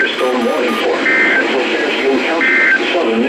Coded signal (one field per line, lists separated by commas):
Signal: Emergency Alert System (SAME) tones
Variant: end-of-message bursts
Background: speech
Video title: JUNE ENHANCED THEIR TEARS… EAS Alerts from 6/30/24 (EAS 12165-12261)